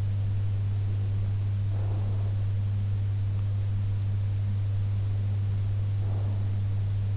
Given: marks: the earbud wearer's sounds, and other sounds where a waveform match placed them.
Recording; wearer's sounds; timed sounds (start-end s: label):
sounds in sleep by an in-ear microphone; breath
1.63-2.51 s: breath
6.00-6.77 s: breath